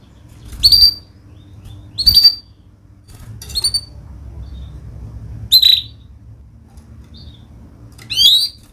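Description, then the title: Canary notes: five brief bright chirps, spaced one to three seconds apart, with a faint low hum beneath. Domestic canary in vigorous full song (gacor), showing its best 'cengkok' melodic style with rich 'isian' fill phrases; Indonesian songbird-keeping (kicaumania) context. "Kenari Gacor Cengkok Terbaik Isian Paling Mewah Kenarigacor Kicaumania Kenari"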